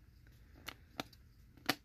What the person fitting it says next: snaps in place